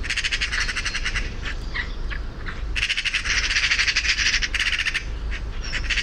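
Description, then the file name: Eurasian magpie giving harsh rattling chatter in bursts of quick, grating pulses, with short gaps between the runs of calls over a low background rumble. "Pica pica"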